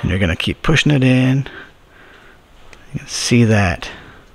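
A crimped contact on 10 gauge wire is pushed from the back into a plastic SB50 high-current connector housing while someone talks throughout. A brief faint tick is heard around 2.7 seconds. The contact has not clicked in or seated yet when the clip ends.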